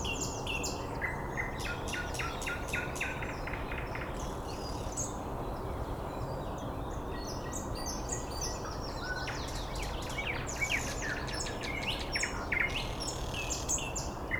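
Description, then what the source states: Bird song from several birds at once: overlapping high chirps, trills and ticking notes run continuously over a steady low rumble of background noise. Recorded 9 May 2014 at 06:39.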